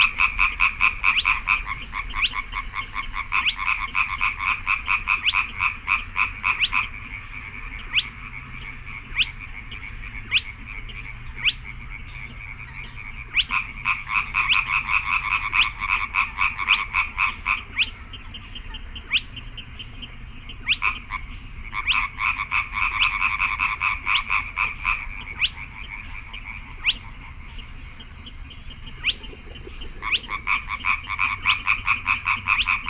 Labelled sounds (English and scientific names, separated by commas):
Spotted Crake (Porzana porzana)